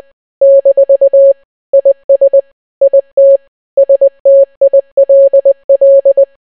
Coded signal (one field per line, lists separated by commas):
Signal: Morse code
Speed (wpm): 20 wpm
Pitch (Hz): 550 Hz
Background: none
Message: - IS IT STILL